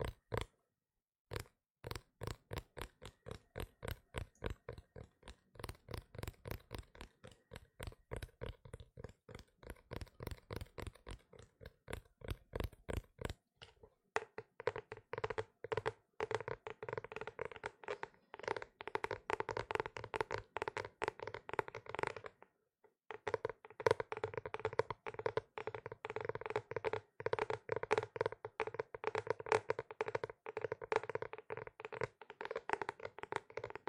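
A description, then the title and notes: Fingers tap on hardcover notebooks, starting with steady, evenly spaced knocks that gradually quicken. After about fourteen seconds the tapping turns into a fast, dense flurry with a hollow, woody tone, pausing briefly near twenty-two seconds before resuming. Tapping hardcover notebooks.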